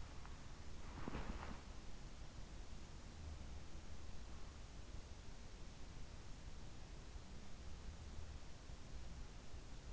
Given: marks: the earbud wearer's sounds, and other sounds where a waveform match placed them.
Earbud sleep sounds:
sounds in sleep by an in-ear microphone; body movement
0.00-2.54 s: body movement

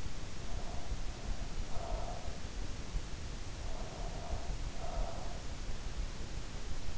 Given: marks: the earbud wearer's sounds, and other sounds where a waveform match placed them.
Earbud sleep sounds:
sounds in sleep by an in-ear microphone; breath
0.34-3.09 s: breath
3.52-5.95 s: breath

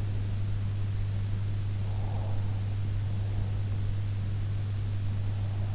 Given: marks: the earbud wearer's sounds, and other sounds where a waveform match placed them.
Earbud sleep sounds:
sounds in sleep by an in-ear microphone; breath
1.83-2.56 s: breath

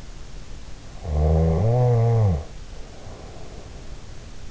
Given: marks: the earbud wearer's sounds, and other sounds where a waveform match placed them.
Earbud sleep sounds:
sounds in sleep by an in-ear microphone; snoring breath
0.91-3.95 s: snoring breath

